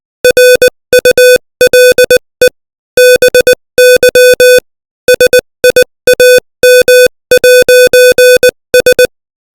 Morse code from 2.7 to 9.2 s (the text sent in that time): BY SIAM'S